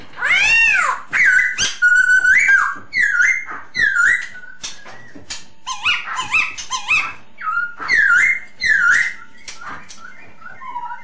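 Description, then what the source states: Masked laughingthrush singing a long varied sequence of looping whistled phrases broken by sharp clicks and harsh notes. Lure song (suara pancingan) of the poksay hongkong.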